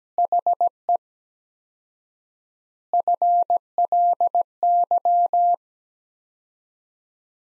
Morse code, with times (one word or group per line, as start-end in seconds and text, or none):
0.2-1.0 HE
2.9-5.5 FLY